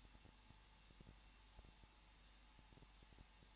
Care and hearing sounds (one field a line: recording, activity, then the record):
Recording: daily activity, microphone in the room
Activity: no activity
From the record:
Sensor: 1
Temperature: 20.1 degrees Celsius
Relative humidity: 39.4%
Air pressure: 1006.4 hPa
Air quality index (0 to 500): 218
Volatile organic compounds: 80 ppm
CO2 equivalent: 3608 ppm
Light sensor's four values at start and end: 1/2/1/1 and 1/2/1/1